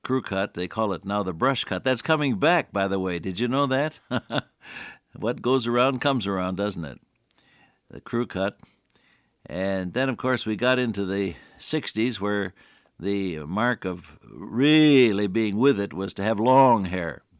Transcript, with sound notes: crew cut, they call it now the brush cut. That’s coming back by the way, did you know that? [chuckle] What goes around comes around, doesn’t it? The crew cut and then of course, we got into the 60s where the mark of really being with it was to have long hair.